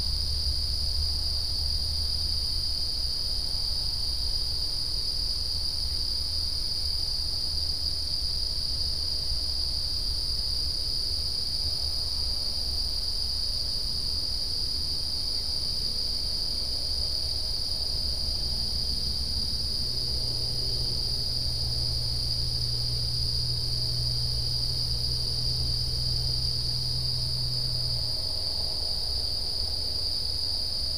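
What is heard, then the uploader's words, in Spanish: Marsh ambience with a steady, shrill insect drone, constant throughout, over a low rumbling hum that deepens briefly between about 20 and 28 seconds. Escucha el sonido ambiental de Popal.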